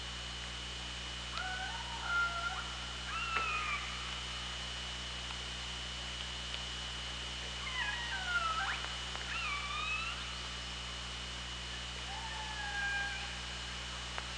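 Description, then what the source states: Killer whale calls, a series of rising and falling wavering squeals with strong harmonics, grouped in two bursts with a later drawn-out call, over steady underwater hiss and hum. OrcaLab hydrophone, 24 August 2017 at 18:28.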